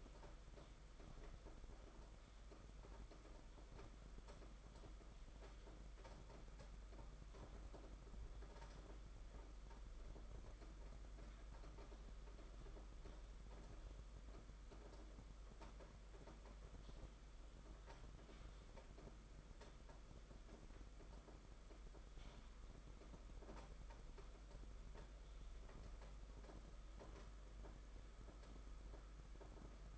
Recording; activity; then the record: daily activity, microphone in the room; typing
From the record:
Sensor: 5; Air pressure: 991.9 hPa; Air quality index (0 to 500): 164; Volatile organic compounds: 377 ppm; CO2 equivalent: 4632 ppm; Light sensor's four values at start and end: 31/108/40/42 and 31/108/40/42